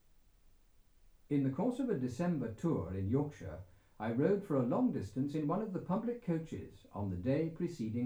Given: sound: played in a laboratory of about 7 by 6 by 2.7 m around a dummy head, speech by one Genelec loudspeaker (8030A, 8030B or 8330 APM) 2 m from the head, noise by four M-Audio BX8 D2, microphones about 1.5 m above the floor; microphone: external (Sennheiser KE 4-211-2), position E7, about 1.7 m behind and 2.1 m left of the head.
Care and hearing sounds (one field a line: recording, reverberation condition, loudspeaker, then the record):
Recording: male speech in English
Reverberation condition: low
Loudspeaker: 150 degrees to the left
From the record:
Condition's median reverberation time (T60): about 310 ms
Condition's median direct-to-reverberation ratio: about 3.5 dB